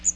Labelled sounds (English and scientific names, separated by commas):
Magnolia Warbler (Setophaga magnolia) flight call